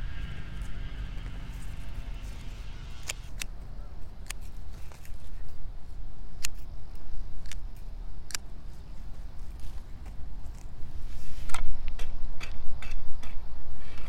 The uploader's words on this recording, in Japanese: 残暑の午前中 人参中耕と除草。32℃\\23 ℃/晴れのち曇り。クワで通路の草を取り払い、ハサミで人参の近くに生えた大きめの草を切り、さらに草抑えと土の中に空気を送るため軽くスジ蒔きした人参の列の間を耕します(中耕)。